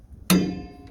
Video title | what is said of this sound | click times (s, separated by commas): Antique Tractor Auction | Man snaps into place pretty nicely | 0.3 s